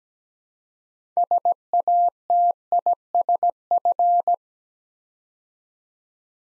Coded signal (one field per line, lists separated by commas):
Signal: Morse code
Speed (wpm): 17 wpm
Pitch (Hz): 700 Hz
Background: none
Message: SATISF